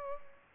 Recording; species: mosquito wingbeat signal from an infrared sensor; Culex pipiens